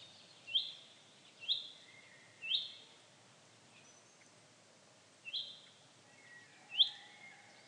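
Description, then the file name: Chaffinch giving short, bright, clipped call notes about once a second, then a pause and two more, over a steady hiss of background noise. "Fringilla coelebs"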